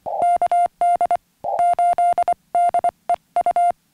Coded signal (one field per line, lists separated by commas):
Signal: Morse code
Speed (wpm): 24 wpm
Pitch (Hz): 700 Hz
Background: music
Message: KD8DEU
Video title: Morse Code Homebrew Pressure Paddle for Summits on the Air